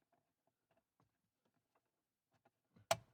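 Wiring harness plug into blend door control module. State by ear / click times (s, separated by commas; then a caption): seated / 2.9 s. A second plastic wiring harness connector is pushed into the blend door control module behind the dash of a Jeep Wrangler JK. Faint handling sounds come first, then one sharp, loud click at 2.9 s as the plug locks and is secured in place.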